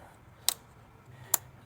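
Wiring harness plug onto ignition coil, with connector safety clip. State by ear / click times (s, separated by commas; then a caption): seated / 0.5 s, 1.3 s. After spark plug work on a Maserati engine, the wiring harness electrical plug is pushed back onto the ignition coil, then its yellow connector safety clip is pushed in. Two sharp clicks are heard at 0.5 s and 1.3 s over a quiet background. The connector and safety clip are seated.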